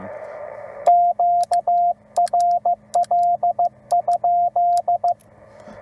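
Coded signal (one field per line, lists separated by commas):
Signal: Morse code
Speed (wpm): 15 wpm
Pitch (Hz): 700 Hz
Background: radio noise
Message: QRL?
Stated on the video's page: CW POTA activation from a state park, offered as call-sign copy practice.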